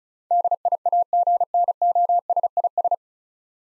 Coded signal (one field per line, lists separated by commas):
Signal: Morse code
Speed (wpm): 36 wpm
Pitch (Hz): 700 Hz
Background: none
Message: DIAGNOSIS